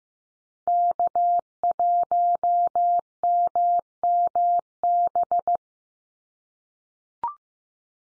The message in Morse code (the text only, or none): K1MMB